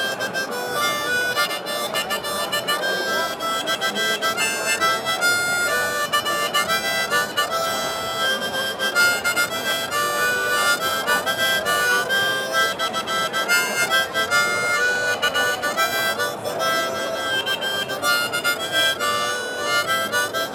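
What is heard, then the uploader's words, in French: A harmonica plays on a street, its bright reedy tones sustained and steady throughout, with faint voices and city murmur underneath. Harmonica en rue à Rio (BR). Rio de Janeiro, Brésil.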